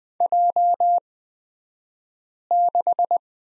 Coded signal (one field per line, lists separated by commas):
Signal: Morse code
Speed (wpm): 20 wpm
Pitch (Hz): 700 Hz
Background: none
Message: J6